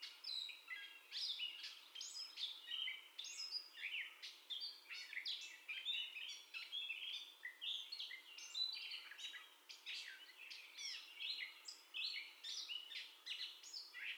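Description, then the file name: Gray catbird song, a long jumble of varied squeaky, scratchy and whistled notes tumbling on without pause, jumping between high and mid pitches. Gray catbird's first song heard, recorded 30 May 2021. "2021-05-30 Catbird First Song"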